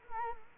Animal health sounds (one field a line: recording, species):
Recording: mosquito wingbeat signal from an infrared sensor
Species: Culex quinquefasciatus